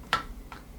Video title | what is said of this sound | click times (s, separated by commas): How to Clean a Klean Kanteen TKWide Twist Cap | you give it a twist and a straw pops up, drink from it then and close it, and there's a little click | 0.1 s